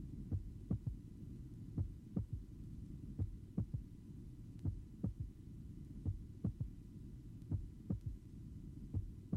A more narrowly split first heart sound is now illustrated. 22-year-old man taken at the apex during expiration physiological third heart sound is audible after the second sound.